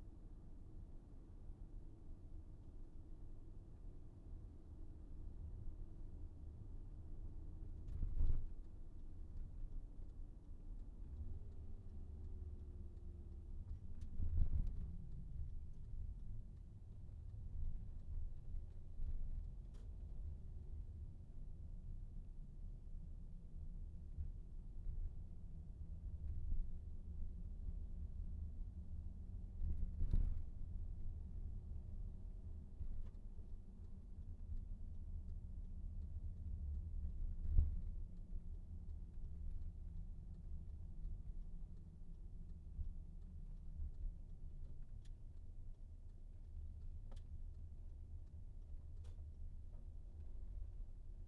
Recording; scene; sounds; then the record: everyday scene through a hearing-aid microphone; in a vehicle; engine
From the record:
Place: VW T5 Caravelle, diesel engine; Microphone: behind the ear, right, front